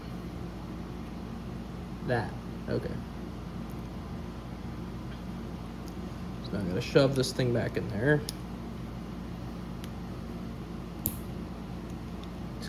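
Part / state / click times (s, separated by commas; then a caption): removed component pushed back into a small engine generator / seated / 11.1 s. Someone talks, then shoves a removed component back into its housing on a small engine generator that has sat neglected for over five years with parts missing, over a steady low hum. A single sharp click is heard at 11.1 s as the part snaps into place and seats, though it has been fitted backward.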